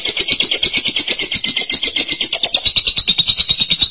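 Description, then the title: Lovebird song as one unbroken stream of rapid, high, rattling chatter with a steady pulsing rhythm. "BM Suara Burung Lovebird"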